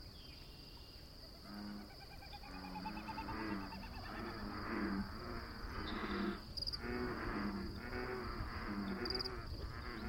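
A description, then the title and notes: A steady, high insect drone runs through the whole recording outdoors. From about two seconds on, low croaking or grunting animal calls repeat in a loose, busy rhythm, with faint trilling calls above them and brief bright chirps near six and nine seconds. Bird, insect, mammal, and amphibian sounds and select soundscapes from the Pacific Northwest.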